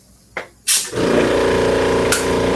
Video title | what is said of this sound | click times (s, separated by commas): 1967 triumph or 1974 Schwinn viewers choice! | I did hear a audible snap on that one. | 0.4 s